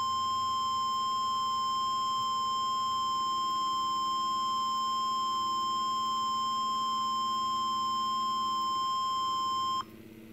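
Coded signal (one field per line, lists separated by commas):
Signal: Emergency Alert System (SAME) tones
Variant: 1050 Hz attention tone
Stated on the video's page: Statewide tornado drill test warning for Illinois received on NOAA Weather Radio transmitter.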